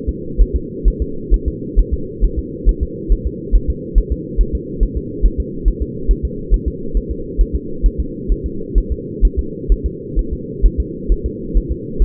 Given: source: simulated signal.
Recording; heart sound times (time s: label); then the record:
fetal heart sounds
0.09 s: S2
0.41 s: S1
0.56 s: S2
0.88 s: S1
1.02 s: S2
1.34 s: S1
1.48 s: S2
1.79 s: S1
1.94 s: S2
2.24 s: S1
2.39 s: S2
2.69 s: S1
2.83 s: S2
3.12 s: S1
3.27 s: S2
3.56 s: S1
3.70 s: S2
3.98 s: S1
4.12 s: S2
4.41 s: S1
4.55 s: S2
4.83 s: S1
4.97 s: S2
5.26 s: S1
5.40 s: S2
5.68 s: S1
5.82 s: S2
6.11 s: S1
6.25 s: S2
6.54 s: S1
6.68 s: S2
6.97 s: S1
7.11 s: S2
7.41 s: S1
7.55 s: S2
7.86 s: S1
8.00 s: S2
8.32 s: S1
8.46 s: S2
8.78 s: S1
8.92 s: S2
9.25 s: S1
9.39 s: S2
9.72 s: S1
9.86 s: S2
10.19 s: S1
10.33 s: S2
10.66 s: S1
10.80 s: S2
11.12 s: S1
11.26 s: S2
11.57 s: S1
11.72 s: S2
12.02 s: S1
From the record:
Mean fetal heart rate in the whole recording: 135 bpm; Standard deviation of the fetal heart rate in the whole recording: 3 bpm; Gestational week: 36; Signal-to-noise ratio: -4.3 dB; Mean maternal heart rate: 72 bpm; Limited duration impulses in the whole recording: present